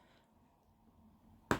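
A plastic safety-eye washer is pushed onto the shank of a crochet safety eye through crochet fabric, with faint low background noise before a single sharp snap at 1.5 s. This is the first of the two clicks this eye needs, so the washer is only partly seated.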